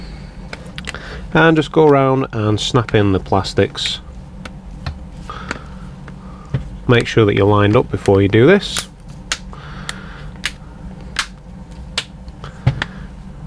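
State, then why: Seated. Someone talks while the plastic bezel of an Acer Aspire V5-122P laptop, fitted during a damaged screen and digitizer replacement, is pressed around its edge into the laptop casing. Sharp plastic clicks at 9.3, 9.9, 10.5, 11.2, 12.0 and 12.8 seconds mark the clips snapping into place, and the bezel ends up seated.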